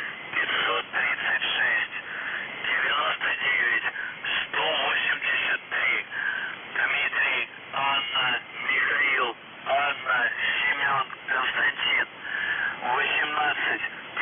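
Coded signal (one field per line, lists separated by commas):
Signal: coded military voice message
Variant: UVB-76, Russian voice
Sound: a male voice reading a message over a narrow, noisy shortwave channel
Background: radio static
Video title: The Buzzer/UVB-76 Voice Message February 15, 2021 13:22 UTC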